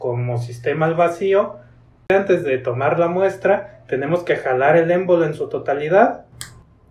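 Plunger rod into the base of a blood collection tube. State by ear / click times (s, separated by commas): seated / 6.4 s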